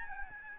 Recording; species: mosquito wingbeat signal from an infrared sensor; Aedes albopictus